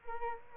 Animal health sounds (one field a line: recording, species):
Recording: mosquito wingbeat signal from an infrared sensor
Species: Aedes albopictus